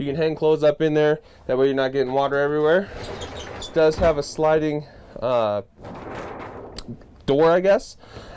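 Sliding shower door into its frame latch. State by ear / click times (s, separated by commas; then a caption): seated / 6.8 s. In a 2013 Itasca Reyo 25T RV, someone talks while sliding the shower's sliding door closed. The door slides along with a hiss and locks into its frame latch with a sharp click at 6.8 s. The door is seated and latched.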